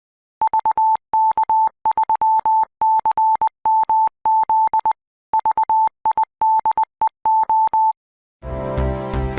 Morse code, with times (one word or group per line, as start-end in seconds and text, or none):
0.4-4.9 VK3CMZ
5.3-7.9 VIDEO